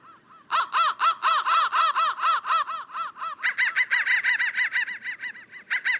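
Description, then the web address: Crow caws in a quick run of arched, harmonic calls, then a brighter burst from about three and a half seconds. "soundfactory crow 1 crow 1 crow 1 bendthreads"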